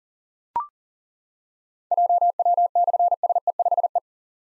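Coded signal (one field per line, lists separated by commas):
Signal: Morse code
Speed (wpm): 38 wpm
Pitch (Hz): 700 Hz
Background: none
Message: JW/SE5E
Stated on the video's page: Call-sign copy drill at 40 wpm: difficult call signs with slashes, sent in Morse, spoken, then sent again.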